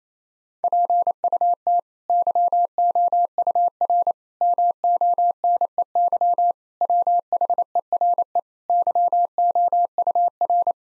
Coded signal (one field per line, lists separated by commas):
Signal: Morse code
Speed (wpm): 28 wpm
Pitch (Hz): 700 Hz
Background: none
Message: PUT YOUR MONEY WHERE YOUR